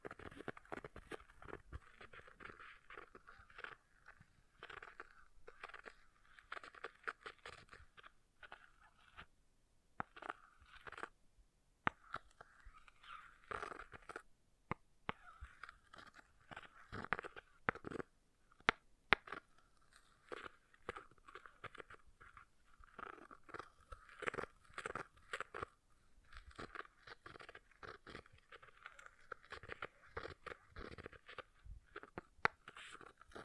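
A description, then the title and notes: An object is scratched in dense, irregular bursts of crunchy, rasping strokes that continue for the whole clip, with brief gaps near 10, 12 and 14 seconds. The scraping sits mostly in the middle and upper range, with occasional sharper clicks standing out. ASMR Brain Melting Object Scratching (No Talking).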